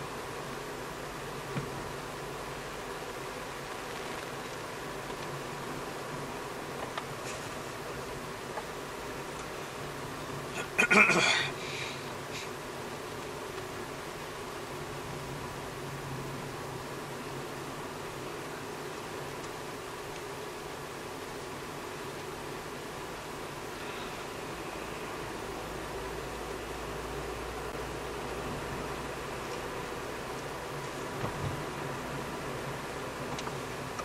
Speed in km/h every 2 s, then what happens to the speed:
45, 46, 47, 46, 45, 41, 40, 40, 40, 40, 40, 40, 43, 44, 47, 47, 49.
0-5 steady at about 46. 5-12 slows to 40. 12-22 steady at about 40. 22-28 speeds up to 47. 28-34 steady at about 47.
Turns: none.